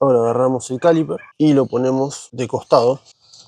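A metal brake caliper on a Honda HR-V is tilted sideways over the new brake pads and disc as it is handled toward its bracket. Someone talks throughout, and nothing has seated or clicked yet by the end of the clip.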